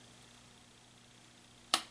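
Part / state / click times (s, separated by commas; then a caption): ratchet of hose clamp pliers holding a spring hose clamp open / torque reached / 1.7 s. Astro Pneumatic 9409A ratcheting hose clamp pliers are squeezed further on a metal spring hose clamp. After a low, steady background, one sharp, bright click sounds at 1.7 s as the ratchet catches its second click. This locks the clamp open so the hands are free.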